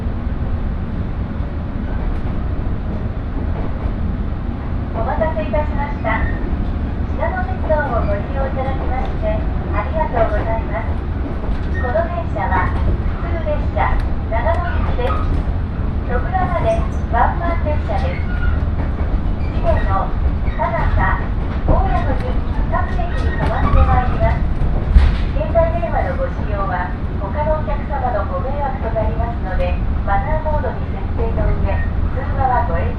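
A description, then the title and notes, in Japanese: Aboard a train on the Shinano Railway, a steady low rumble runs throughout while a voice speaks almost continuously from about five seconds on. しなの鉄道・北陸新幹線 小諸→上田→長野。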